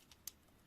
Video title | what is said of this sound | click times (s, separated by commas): HAUL NOZ ET ACTION | vous allez entendre un petit clic et vous secouez et logiquement ça devrait | 0.3 s